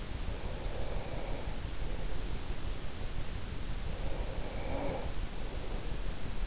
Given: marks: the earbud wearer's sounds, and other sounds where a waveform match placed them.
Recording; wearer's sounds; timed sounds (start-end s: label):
sounds in sleep by an in-ear microphone; breath
0.00-2.81 s: breath
3.49-6.46 s: breath